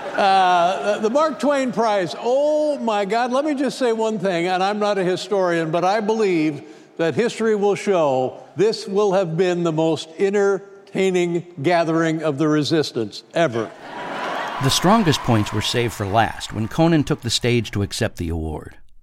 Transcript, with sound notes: The Mark Twain Prize - oh, my God, let me just say one thing, and I'm not a historian, but I believe that history will show this will have been the most entertaining gathering of the resistance ever.
(CHEERING)
The strongest points were saved for last, when Conan took the stage to accept the award.